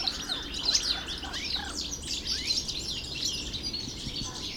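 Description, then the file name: European goldfinch song of tumbling, high twittering notes, some sliding downward, over a light background hiss. Recorded in the Hofgarten park, Landshut, Germany, on 3 February 2015. "Stieglitz 03 02 2015 Landshut Hofgarten Susanne Rieck"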